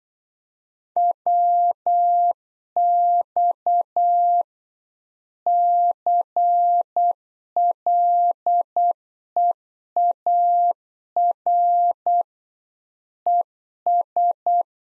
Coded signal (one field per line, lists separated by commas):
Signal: Morse code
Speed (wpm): 8 wpm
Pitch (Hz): 700 Hz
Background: none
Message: WX CLEAR ES